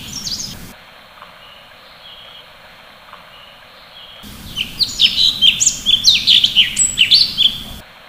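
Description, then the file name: Sooty-headed bulbul song: a brief call at the start, a few quiet seconds, then a quick burst of sharp chirps and twittering whistled notes repeated in rapid succession. "suara kicauan cucak cungkok. omkicau"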